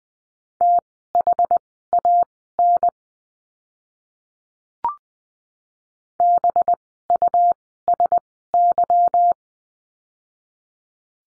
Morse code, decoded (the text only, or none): THAN BUSY